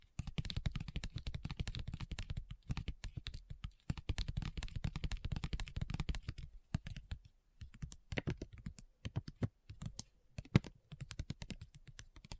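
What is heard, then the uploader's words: Rapid fingertip tapping runs in dense bursts, like quick typing on a hard surface, with crisp clicks over a soft low thud. The rhythm stays busy for the first six seconds, then breaks into shorter clusters with brief pauses, including one sharper tap near ten seconds. ASMR Addictive Tapping. (No Talking).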